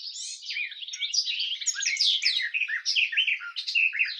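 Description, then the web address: Goldfinch singing a hurried, tinkling warble of liquid chirps and short rattles, continuous throughout. "щегол"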